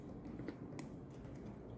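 A second battery holder clip is pushed onto the other side of a circuit board. A small lead-in sound near 0.5 s is followed by a sharp, bright click at 0.8 s over a low background hum. The clip snaps on and is seated.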